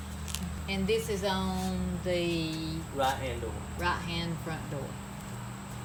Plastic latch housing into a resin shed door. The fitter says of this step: so it's just supposed to lay right in there and snap right in